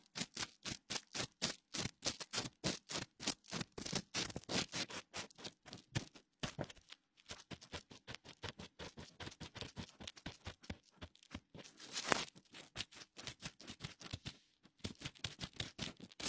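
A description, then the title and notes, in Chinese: A wooden ear pick, cotton swab and fingertips rub in quick, regular scratchy strokes, steady throughout with brief pauses near seven and fifteen seconds. 鹿姐姐清理你的耳朵(双耳同时)。木质耳勺、棉签、指尖摩擦。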